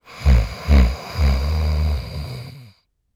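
Deep, low-pitched rumbling with a fluttering, vibrating quality: two short snorts, then a longer drawn-out rumble lasting about a second and a half. This is an adult man snoring, from throat vibration during sleep, as a sound effect.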